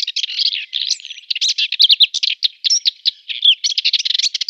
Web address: Schulze Peter Subalpine Warbler song